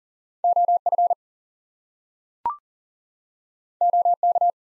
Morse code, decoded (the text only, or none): OF OK